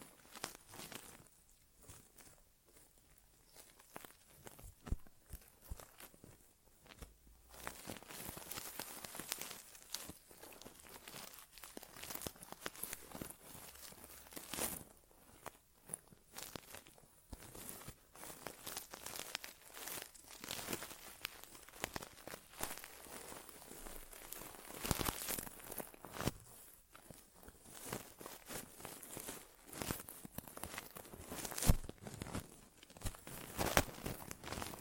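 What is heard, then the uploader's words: A no-talking ASMR inner ear exam: dense crinkling, rustling and scratchy tapping fill nearly the whole clip, with bright, crisp clicks and brushing sounds. The activity comes in irregular bursts, with short quieter pauses near the start and sharper pops around 25 and 32 seconds. ASMR Inner Ear Exam (No Talking).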